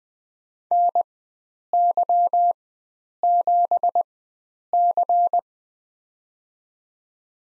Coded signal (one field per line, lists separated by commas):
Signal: Morse code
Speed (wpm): 20 wpm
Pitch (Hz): 700 Hz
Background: none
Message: NY7C